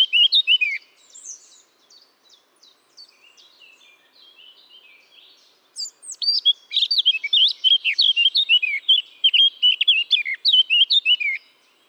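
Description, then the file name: Eurasian blackcap: a short loud burst, a stretch of quiet scratchy warbling, then a long phrase of bright, rapid whistled notes. "Sylvia atricapilla"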